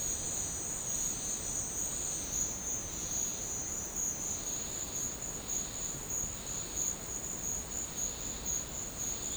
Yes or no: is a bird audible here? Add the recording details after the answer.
no. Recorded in dense forest near Puerto Asís, Putumayo, Colombia, on 12 March 2025 at 13:00. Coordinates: 0.500, -76.322. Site GP06